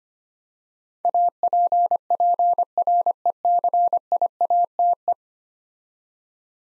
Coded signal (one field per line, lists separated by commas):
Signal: Morse code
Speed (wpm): 25 wpm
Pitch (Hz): 700 Hz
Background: none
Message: APPRECIATE